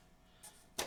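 A laser-cut wooden cabin house body is lined up by feel on the tabs of its slotted foundation base plate and pushed down. After a faint high tick near 0.45 s, a sharp snap at 0.8 s marks the house seating into place on the base tabs.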